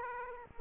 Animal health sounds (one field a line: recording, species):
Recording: mosquito wingbeat signal from an infrared sensor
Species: Aedes aegypti